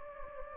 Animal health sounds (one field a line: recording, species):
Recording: mosquito wingbeat signal from an infrared sensor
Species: Anopheles gambiae